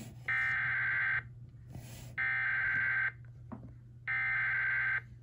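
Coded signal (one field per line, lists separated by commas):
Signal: Emergency Alert System (SAME) tones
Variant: header bursts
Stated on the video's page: EAS flash flood warning from NWS Mount Holly.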